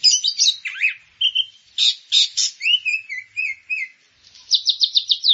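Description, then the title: Grey-cheeked bulbul song: varied chattering phrases of slurred whistles and harsh notes, ending in a quick trill of repeated high notes. "Kicau Burung Cucak Jenggot"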